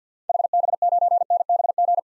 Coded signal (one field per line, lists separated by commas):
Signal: Morse code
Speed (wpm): 49 wpm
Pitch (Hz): 700 Hz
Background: none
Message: HB9NBG